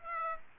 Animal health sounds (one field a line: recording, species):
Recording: mosquito wingbeat signal from an infrared sensor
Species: Aedes aegypti